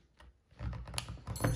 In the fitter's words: okay you heard it you heard it pop that's a good that's a